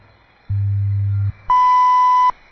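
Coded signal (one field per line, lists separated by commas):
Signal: radio time signal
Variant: WWV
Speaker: at the tone 13 hours 11 minutes coordinated universal time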